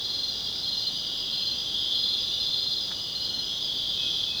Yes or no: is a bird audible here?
no